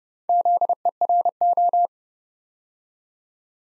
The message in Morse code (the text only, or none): ZERO